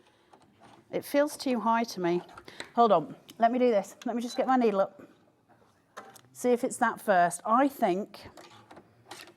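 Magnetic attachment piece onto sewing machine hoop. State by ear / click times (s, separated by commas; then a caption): not seated / none. A magnetic attachment piece is being fitted onto a sewing machine hoop while someone talks, with a few faint, brief handling taps between and after the speech. The piece does not seat, and nothing has clicked on yet.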